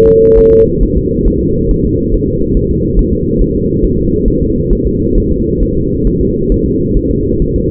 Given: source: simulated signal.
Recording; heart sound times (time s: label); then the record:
fetal heart sounds
0.08 s: S2
0.39 s: S1
0.53 s: S2
0.83 s: S1
0.97 s: S2
1.28 s: S1
1.42 s: S2
1.71 s: S1
1.85 s: S2
2.14 s: S1
2.28 s: S2
2.57 s: S1
2.71 s: S2
2.99 s: S1
3.13 s: S2
3.42 s: S1
3.56 s: S2
3.84 s: S1
3.98 s: S2
4.28 s: S1
4.42 s: S2
4.73 s: S1
4.87 s: S2
5.18 s: S1
5.32 s: S2
5.63 s: S1
5.77 s: S2
6.07 s: S1
6.21 s: S2
6.52 s: S1
6.66 s: S2
6.97 s: S1
7.11 s: S2
7.42 s: S1
7.56 s: S2
From the record:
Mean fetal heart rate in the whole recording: 135 bpm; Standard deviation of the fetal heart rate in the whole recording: 3 bpm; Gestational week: 36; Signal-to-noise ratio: -14.7 dB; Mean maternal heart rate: 72 bpm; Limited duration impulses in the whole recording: present